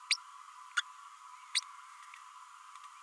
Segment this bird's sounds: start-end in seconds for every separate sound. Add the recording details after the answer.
0.10-0.16, 0.77-0.82. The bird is a female. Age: 32 days. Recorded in a nest box in Venezuela. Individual 17B32A7